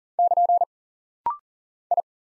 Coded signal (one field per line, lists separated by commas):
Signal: Morse code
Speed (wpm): 40 wpm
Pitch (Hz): 700 Hz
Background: none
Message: <KN> I